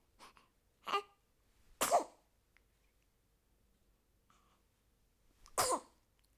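Two sharp, explosive sneezes, each with a sudden noisy burst and a brief voiced tail, come about four seconds apart. Two shorter, softer bursts open the clip, with near silence between the events. These are ordinary sneezes from an adult.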